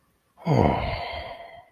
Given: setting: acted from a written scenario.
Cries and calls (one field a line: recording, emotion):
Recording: vocal sound without words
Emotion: relief